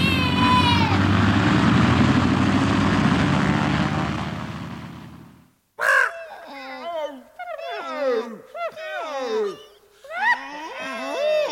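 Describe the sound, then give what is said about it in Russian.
Propeller airplane engines, just started for takeoff, drone loudly and steadily with a low, throbbing hum for about five seconds, then fade and cut out, after which a voice speaks alone. “Самолет отлетает! Слышишь, уже завели моторы!”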